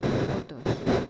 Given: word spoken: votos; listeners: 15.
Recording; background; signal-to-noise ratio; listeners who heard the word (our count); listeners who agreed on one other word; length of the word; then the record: one Spanish word in noise, from a listening test; noise modulated by one talker; -9.1 dB; 2 of 15; 11 of 15; 0.70 s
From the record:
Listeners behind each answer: 11, 2, 1, 1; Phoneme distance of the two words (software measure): 10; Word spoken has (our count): 2 syllables, 5 phonemes, stress on syllable 1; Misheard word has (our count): 2 syllables, 5 phonemes, stress on syllable 1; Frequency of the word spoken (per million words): 61.05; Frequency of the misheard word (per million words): 33.69